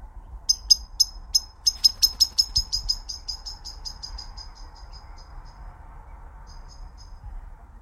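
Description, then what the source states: Bird chirping, a long run of bright repeated notes that fades away, then a few faint chirps near the end over low rumble. Chirping while flying away.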